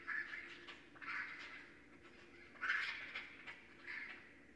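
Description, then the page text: Raccoon calls: four raspy, wavering squeals, each a short harsh burst. Northern Raccoon recorded remotely at night on 4 January 2012 with an unattended recorder. "Night Sounds, Pt 6 – Raccoons – Stan Courtney. Raccoon 2012 01 04"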